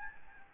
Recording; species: mosquito wingbeat signal from an infrared sensor; Aedes albopictus